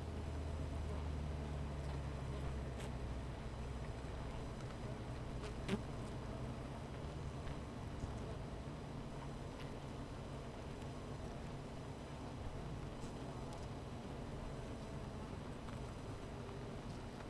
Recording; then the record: honeybee colony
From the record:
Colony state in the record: missing queen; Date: 14 July 2017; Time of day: 13:40